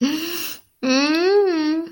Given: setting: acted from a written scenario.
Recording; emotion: vocal sound without words; romantic love